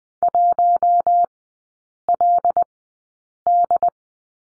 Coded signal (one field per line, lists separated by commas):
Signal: Morse code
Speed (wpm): 20 wpm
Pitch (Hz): 700 Hz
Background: none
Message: 1LD